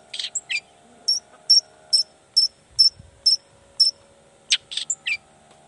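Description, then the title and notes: Long-tailed shrike singing: clipped high whistled notes evenly spaced, framed by harsher buzzy chattering bursts at the start and end. Morning singing; chatty, varied song of a long-tailed shrike, said to prompt other shrikes to answer at once and start singing their repertoire. "Cendet Gacor Dor Di Kala Pagi Toet Toet Variasi Suara. Cendet Gacor Pagi Hari Biangnya Bikin Cendet Manapun Langsung On Nyaut Buka Materi. Burung cendet"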